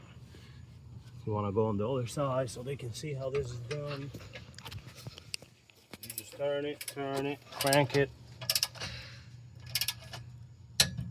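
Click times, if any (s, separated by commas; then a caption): 10.8 s. Someone talks while a click-type torque wrench set to 47 ft-lb is cranked on the lower rear shock absorber mounting bolt of a Honda Pilot, with short metallic ratcheting clicks as it turns. The wrench breaks over with a sharp click at 10.8 s, showing the bolt has reached its torque setting.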